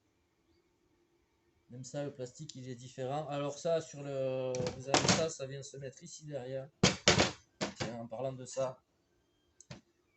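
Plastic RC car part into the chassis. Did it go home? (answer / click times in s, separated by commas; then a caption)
yes / 9.6 s. A plastic part of an RC car is pushed into its place on the chassis while someone talks. A short, sharp tick at 9.6 s marks the part clipping onto the chassis, followed by a faint second tap.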